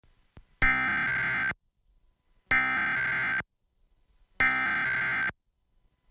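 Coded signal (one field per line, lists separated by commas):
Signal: Emergency Alert System (SAME) tones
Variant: header bursts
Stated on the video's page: Required monthly tests recorded from broadcast TV stations in Michigan, kept close to the original broadcast with uneven audio levels.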